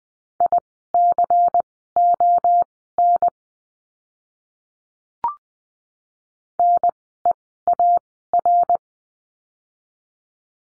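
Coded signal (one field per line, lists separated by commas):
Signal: Morse code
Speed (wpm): 20 wpm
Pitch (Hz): 700 Hz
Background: none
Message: ICON NEAR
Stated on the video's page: Morse code course lesson on the letter C, words sent at Farnsworth speed 20/10 wpm.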